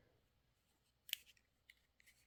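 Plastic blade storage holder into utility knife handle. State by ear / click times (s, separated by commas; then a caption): not seated / none. A plastic blade-storage holder, which fits two blades and comes with one, is handled and pushed back toward the handle of a Hyper Tough utility knife. Brief, sharp plastic ticks sound at about 1.1, 1.7 and 2.0 seconds over a quiet background. Nothing has seated or clicked into place yet.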